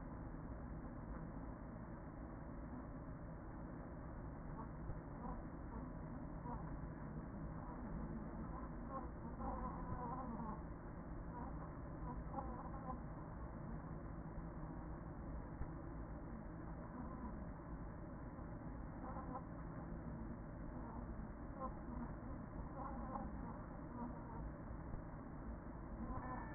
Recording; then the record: honeybee colony, microphone inside the hive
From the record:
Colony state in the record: queen present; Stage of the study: after two queens were removed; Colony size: about 40,000 bees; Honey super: no